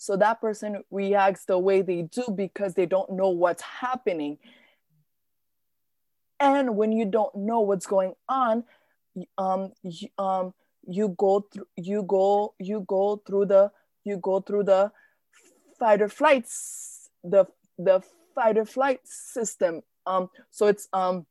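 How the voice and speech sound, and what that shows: An adult woman who stutters speaks with repeated phrase restarts, such as "you go through… you go through the," plus a repeated "the," stretched sounds, silent stops and filled pauses. This is stuttering, with part-word and phrase repetitions, prolongations and blocks interrupting speech flow.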